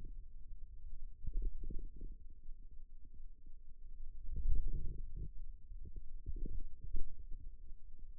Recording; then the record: forearm muscle sounds (acoustic myography)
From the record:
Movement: wrist flexion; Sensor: system 2, bracelet of six BSWA MPA416 microphones around the upper forearm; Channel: 2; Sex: male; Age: 22 years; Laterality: right